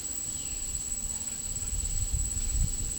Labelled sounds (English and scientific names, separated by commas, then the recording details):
none
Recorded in pastures near Puerto Asís, Putumayo, Colombia, on 12 March 2025 at 16:00
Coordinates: 0.497, -76.327
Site G072